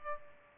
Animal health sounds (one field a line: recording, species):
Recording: mosquito wingbeat signal from an infrared sensor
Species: Culex pipiens